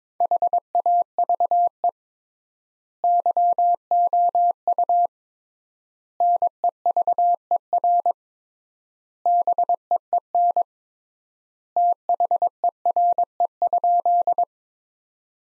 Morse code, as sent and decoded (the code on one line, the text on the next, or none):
.... .- ...- . / -.-- --- ..- / -. . ...- . .-. / -... . . -. / - .... . .-. . ..--..
HAVE YOU NEVER BEEN THERE?